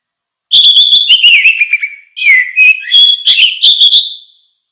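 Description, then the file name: Orange-headed thrush singing two linked phrases of fluty whistles, slurred downward, then climbing again through quick warbled notes to a held whistle. "suara kicau burung anis merah"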